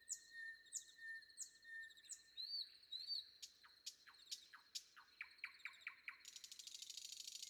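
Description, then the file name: Common nightingale singing a few slurred whistles, then a fast series of sharp descending notes building into a buzzing high trill. Sung before dawn. "predawn nightingale"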